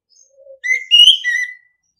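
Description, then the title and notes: Orange-headed thrush sings one brief, mellow whistled phrase, slurring up and then down, preceded by a faint low note. Training audio for other birds; singing style called ngeplong. "ANIS KEMBANG NGEPLONG. Masteran Anis Kembang"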